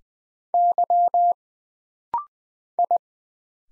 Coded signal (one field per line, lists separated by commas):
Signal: Morse code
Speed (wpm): 20 wpm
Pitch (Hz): 700 Hz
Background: none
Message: Y I